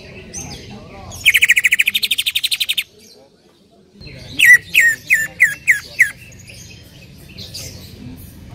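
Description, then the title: Bird song: a fast even trill of repeated notes, a pause, then a series of sharp descending chirps, with a low hum in the background. "Kicau Burung"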